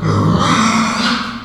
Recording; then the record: squeal of a Yucatan mini pig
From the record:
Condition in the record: after surgery on the right vocal fold (resection and tissue-engineered implant); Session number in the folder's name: 16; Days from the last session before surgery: 183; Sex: female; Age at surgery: 19 weeks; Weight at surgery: 25 kg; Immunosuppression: prednisolone